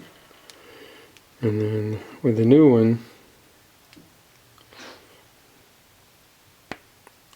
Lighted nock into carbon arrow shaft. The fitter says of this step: a nice little click to it I do like that but you know it's in there pretty secure